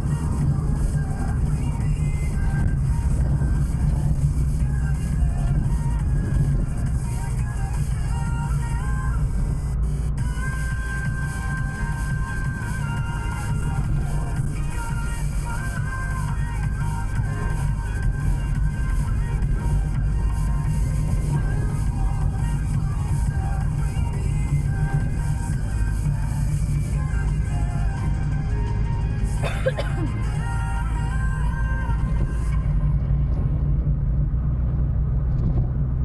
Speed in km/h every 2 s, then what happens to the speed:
64, 58, 54, 52, 51, 48, 47, 45, 45, 45, 46, 47, 48, 48, 49, 50, 53, 57.
0-14 slows to 45. 14-27 steady at about 46. 27-36 speeds up to 57.